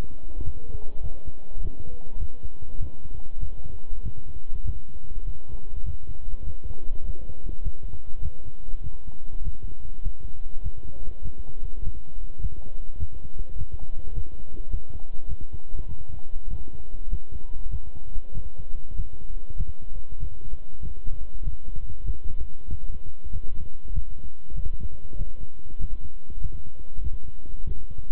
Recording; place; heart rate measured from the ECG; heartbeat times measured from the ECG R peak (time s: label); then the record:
heart sounds by stethoscope; between the tricuspid and mitral areas; 99 bpm
0.43 s: heartbeat
1.01 s: heartbeat
1.60 s: heartbeat
2.17 s: heartbeat
2.78 s: heartbeat
3.38 s: heartbeat
4.02 s: heartbeat
4.63 s: heartbeat
5.23 s: heartbeat
5.83 s: heartbeat
6.44 s: heartbeat
7.03 s: heartbeat
7.62 s: heartbeat
8.21 s: heartbeat
8.81 s: heartbeat
9.42 s: heartbeat
10.01 s: heartbeat
10.61 s: heartbeat
11.22 s: heartbeat
11.82 s: heartbeat
12.39 s: heartbeat
12.98 s: heartbeat
13.56 s: heartbeat
14.13 s: heartbeat
14.69 s: heartbeat
15.27 s: heartbeat
15.86 s: heartbeat
16.48 s: heartbeat
17.08 s: heartbeat
17.69 s: heartbeat
18.32 s: heartbeat
18.94 s: heartbeat
19.55 s: heartbeat
20.18 s: heartbeat
20.80 s: heartbeat
21.42 s: heartbeat
22.04 s: heartbeat
22.68 s: heartbeat
23.30 s: heartbeat
23.92 s: heartbeat
24.54 s: heartbeat
25.16 s: heartbeat
25.78 s: heartbeat
26.40 s: heartbeat
27.01 s: heartbeat
27.64 s: heartbeat
From the record:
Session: walking at 3.7 km/h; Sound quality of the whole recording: good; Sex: male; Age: 26 years